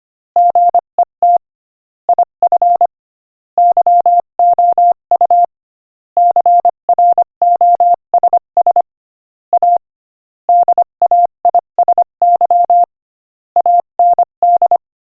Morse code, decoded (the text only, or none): GET IF YOU CROSS A DAISY AND